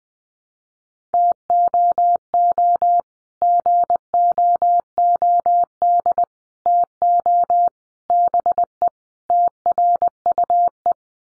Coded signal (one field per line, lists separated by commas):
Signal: Morse code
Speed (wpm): 20 wpm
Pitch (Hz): 700 Hz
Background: none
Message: TOO GOOD TO BE TRUE